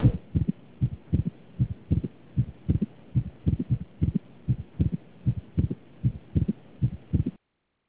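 Low-pitched, muffled adult heart sounds heard through a stethoscope, beating at about 77 per minute, each beat a close pair of thuds. The rhythm is fairly regular, with a faint hum between beats.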